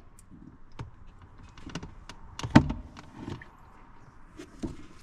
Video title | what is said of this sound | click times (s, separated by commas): 2009-2014 Hyundai Genesis: How and WHY you NEED to change your Cabin Air Filter #drive #cars #diy | I have to push the glove box up obviously so you guys won't be able to fully see me popping it out but you'll be able to hear the pop | 2.6 s